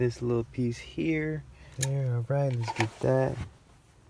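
A plastic suction-cup windshield mount bracket is handled at the slot on top of a radar detector housing while someone talks throughout. Nothing has seated or clicked yet; the bracket is not yet pushed home.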